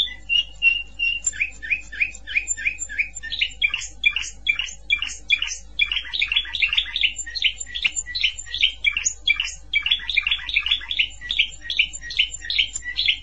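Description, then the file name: Canary giving a long, steady stream of repeated high chirped syllables, a few per second. "Canary Voice"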